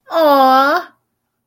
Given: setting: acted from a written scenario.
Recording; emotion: vocal sound without words; negative surprise